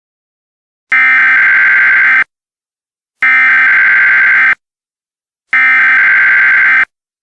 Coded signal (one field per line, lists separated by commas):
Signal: Emergency Alert System (SAME) tones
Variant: header bursts